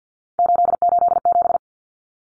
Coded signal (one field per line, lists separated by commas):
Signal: Morse code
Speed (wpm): 50 wpm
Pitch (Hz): 700 Hz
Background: none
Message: 887